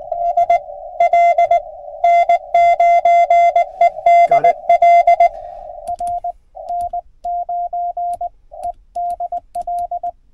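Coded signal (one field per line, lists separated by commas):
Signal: Morse code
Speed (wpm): 20 wpm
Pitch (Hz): 700 Hz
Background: radio noise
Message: SL N9EDL R N9EDL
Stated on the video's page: Morse sent during a Parks on the Air activation at a Pennsylvania state gamelands park, using an Icom 7100.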